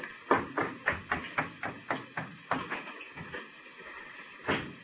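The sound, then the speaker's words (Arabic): A quick run of about nine sharp, evenly spaced knocks on a wooden door as an awaited teacher arrives, then a pause and a couple of softer clunks as the door is opened for him. No one speaks. “أسمعتي؟ إنه هو، لنفتح له الباب.”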